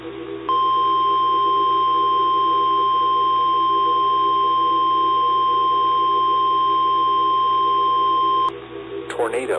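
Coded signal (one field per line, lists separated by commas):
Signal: Emergency Alert System (SAME) tones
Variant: 1050 Hz attention tone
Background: speech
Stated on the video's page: Mock EAS alert for a fictitious tornado.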